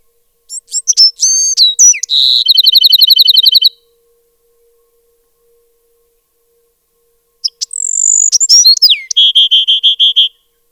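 Bewick's wren gives two songs a few seconds apart, each with buzzy slurred opening notes and a quick repeated trill at the end, with quiet between them.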